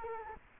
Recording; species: mosquito wingbeat signal from an infrared sensor; Culex quinquefasciatus